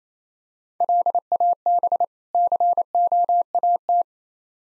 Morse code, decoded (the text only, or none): LAB COAT